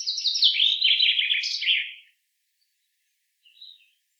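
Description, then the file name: Common chaffinch song: a loud cascading trill dropping through several pitch steps to an ending flourish, then one soft short note. "Fringilla coelebs"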